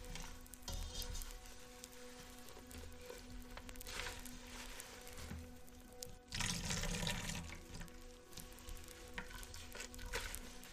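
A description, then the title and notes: Hair brushing with a soapy, fizzing crackle, the strokes arriving irregularly with brighter bursts near 1, 4 and 6 seconds; the longest and loudest runs from about 6 to 7.5 seconds. A steady low tone hums underneath throughout, like soft background music. At-Home Hair Spa | Hair Brushing, Ambient Music. Hair brushing, soapy goodness, and some soothing background music.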